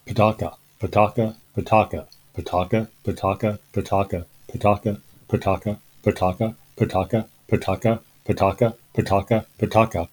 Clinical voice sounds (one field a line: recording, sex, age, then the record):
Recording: repeated syllables /pa ta ka/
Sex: male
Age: 70 to 79 years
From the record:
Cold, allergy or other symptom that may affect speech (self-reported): no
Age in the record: 70 years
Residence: Indiana, United States